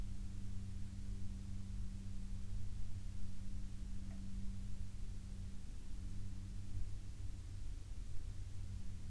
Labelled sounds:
aircraft
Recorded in the Prudhoe Bay oil fields, Alaska, on 12 May 2019 at 12:14
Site 16

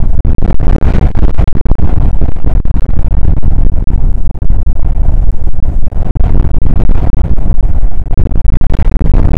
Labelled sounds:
wind
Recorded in the Prudhoe Bay oil fields, Alaska, on 19 July 2019 at 00:04
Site 25

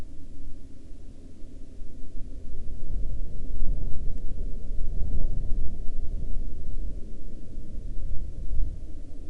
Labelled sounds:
wind, aircraft
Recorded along the Dempster Highway, Canada, on 11 April 2020 at 19:21
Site 25

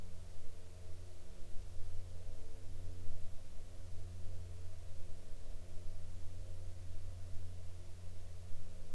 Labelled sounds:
aircraft
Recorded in the Arctic National Wildlife Refuge, Alaska, on 8 July 2019 at 00:03
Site 40

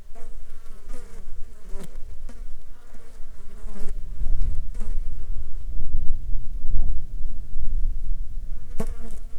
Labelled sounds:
wind, insects
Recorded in the Arctic National Wildlife Refuge, Alaska, on 8 July 2019 at 14:40
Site 35

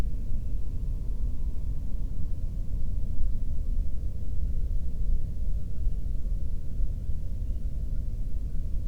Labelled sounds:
near silence
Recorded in the Prudhoe Bay oil fields, Alaska, on 13 June 2019 at 00:32
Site 30

